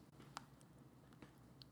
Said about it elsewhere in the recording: My jaw's all messed up too. I had some wisdom teeth taken out a few years ago. My jaw's never really been the same. that's my jaw clicking.